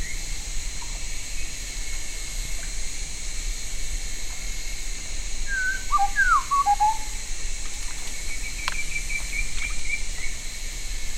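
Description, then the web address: Bird calls: a few short, clear, downslurred whistled notes come in a quick cluster around the middle, then faint higher notes follow, over steady hiss and droning noise. "BIRD 2015 SABIOD"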